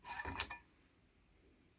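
The metal needle cylinder of a New Zealand Auto Knitter circular sock knitting machine, after catching on a screw, is turned and worked down into its housing in the machine base with a brief scrape and rattle. A short metallic clink at 0.4 s marks the cylinder dropping into place, and it is seated.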